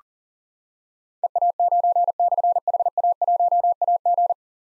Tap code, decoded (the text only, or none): none